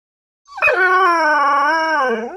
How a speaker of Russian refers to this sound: Высказалась Таня, но поспешно оборвала свой вой и затравленно оглянулась в поиске крупных хищников.